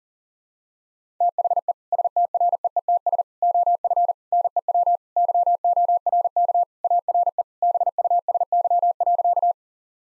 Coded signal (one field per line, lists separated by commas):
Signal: Morse code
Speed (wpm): 37 wpm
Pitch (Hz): 700 Hz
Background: none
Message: THE STREETS OF NEW YORK ARE BUSY.